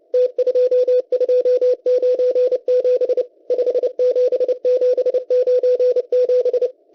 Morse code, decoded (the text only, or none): T2297 57797